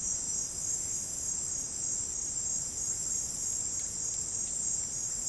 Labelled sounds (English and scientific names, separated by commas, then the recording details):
none
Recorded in dense forest near Puerto Asís, Putumayo, Colombia, on 29 June 2025 at 16:30
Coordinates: 0.503, -76.323
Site G059